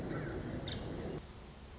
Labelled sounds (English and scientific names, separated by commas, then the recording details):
Nuttall's Woodpecker (Dryobates nuttallii)
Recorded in Sonoma County, California